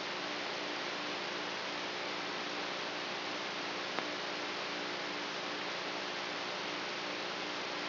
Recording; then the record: brain microelectrode recording played as sound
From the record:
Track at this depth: outside the subthalamic nucleus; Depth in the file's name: 1.406 mm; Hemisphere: right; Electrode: 3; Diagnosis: Parkinson's disease